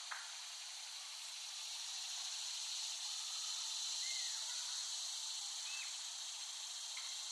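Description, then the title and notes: Cicadas buzzing in an unbroken, shimmering hiss that swells slightly toward the middle and eases again, with a few short faint chirps on top. Cicadas recorded by Dan Bodah in West Brighton, Staten Island, in late summer 2008. "Recording of cicadas made by Dan Bodah in West Brighton, Staten Island, late summer 2008."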